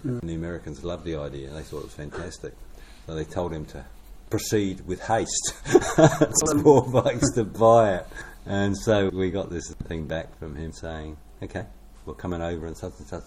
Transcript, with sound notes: And the Americans loved the idea, they thought it was fantastic and they told him to proceed with haste [chuckle] these poor blokes to buy it. And so we got this thing back from him saying, “Okay – we’re coming over on such and such a time;